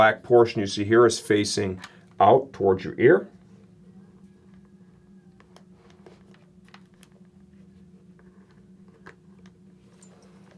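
A headset speaker from a Sena Smart HJC 10B Bluetooth communication system is lined up over the helmet ear pocket, with its black face oriented toward the ear, before being pushed down. Someone talks for the first three seconds, then faint handling taps follow around 5.4, 6.7, 7.0 and 9.1 seconds. Nothing has seated or clicked yet.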